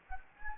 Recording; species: mosquito wingbeat signal from an infrared sensor; Anopheles gambiae